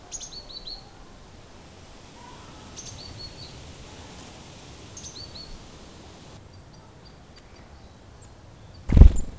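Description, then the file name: Great tit calls, short high notes in small clusters repeated every two to three seconds over steady background hiss, ending in a sudden low thump. "Parus major"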